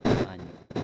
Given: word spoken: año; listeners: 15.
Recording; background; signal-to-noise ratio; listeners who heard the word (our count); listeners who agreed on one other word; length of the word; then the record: one Spanish word in noise, from a listening test; noise modulated by one talker; -9.4 dB; 2 of 15; 6 of 15; 0.43 s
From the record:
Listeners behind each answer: 6, 5, 2, 1, 1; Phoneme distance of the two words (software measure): 10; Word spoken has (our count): 2 syllables, 3 phonemes, stress on syllable 1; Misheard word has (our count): 2 syllables, 3 phonemes, stress on syllable 1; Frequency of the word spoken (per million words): 660.66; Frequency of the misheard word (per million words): 3.29